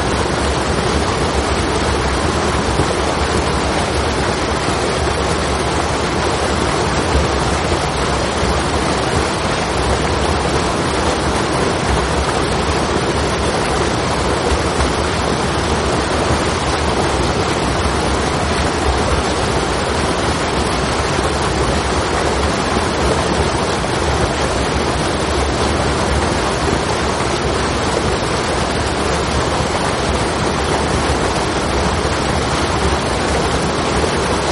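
A waterfall roars in a steady, dense rush that fills everything from deep rumble to bright hiss, unchanging for the whole half minute.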